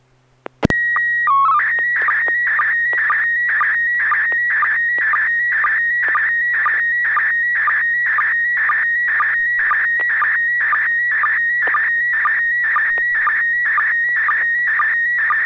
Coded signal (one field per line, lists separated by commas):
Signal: SSTV (slow-scan television)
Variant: PD 120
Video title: N6NA SSTV Net - 01/04/2023